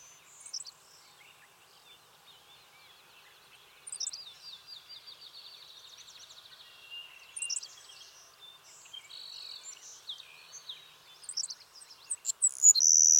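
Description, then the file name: Savannah sparrow singing: sharp high introductory chips leading into a dry, buzzy trill, repeated several times across the recording. "Passerculus sandwichensis - Savannah Sparrow"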